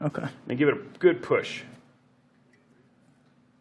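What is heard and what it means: An M.2 NVMe SSD is being handled at a motherboard M.2 slot, about to be pushed in. Someone talks for the first two seconds, then it goes quiet with only a faint low hum and a tiny tick near 2.5 s. Nothing has seated or clicked yet.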